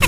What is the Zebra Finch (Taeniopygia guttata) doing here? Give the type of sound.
tet call